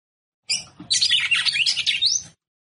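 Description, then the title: Red-cowled cardinal song, a quick run of high chattering and warbled notes finishing in a clear upslurred whistle. Female singing in the batendo fogo style. "Canto Galo De Campina. Fêmea De Galo De Campina Batendo Fogo"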